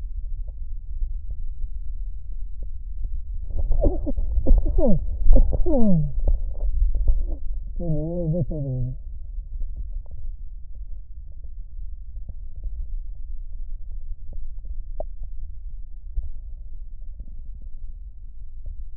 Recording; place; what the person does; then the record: lung sounds by stethoscope; left posterior basal chest; quiet breathing, then cough and speech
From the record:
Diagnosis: COPD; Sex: male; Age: 77 years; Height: 164 cm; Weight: 58.2 kg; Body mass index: 21.6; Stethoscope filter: extended mode